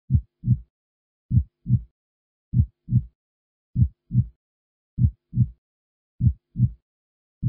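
A real, powerful adult heartbeat: strong, low-pitched, regular lub-dub pairs at about 49 beats per minute.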